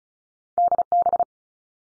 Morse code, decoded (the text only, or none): D B